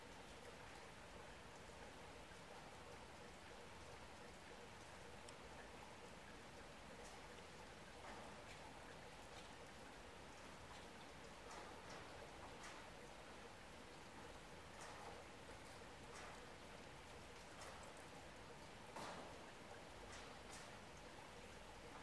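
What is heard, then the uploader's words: Gentle rain patters steadily, a soft even hiss with fine drops tapping throughout. Brighter individual drips stand out every second or two, most clearly around the middle and near nineteen seconds, while the overall level stays unchanging. The gentle pitter-patter of raindrops.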